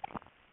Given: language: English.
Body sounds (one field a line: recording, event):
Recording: throat vibration sensor signal played as sound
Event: swallow